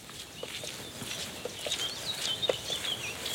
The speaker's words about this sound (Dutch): Ja, hier horen we een spotvogel. imiteert andere vogels, vandaar de naam spotvogel. Hij heeft natuurlijk ook dus een eigen karakteristieke strofes waar je hem aan kunt herkennen.